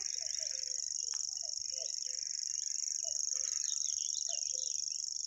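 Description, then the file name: Common grasshopper warbler giving an unbroken, fast, sibilant reel, with other calls in the background. "reti tucsokmadar hangja"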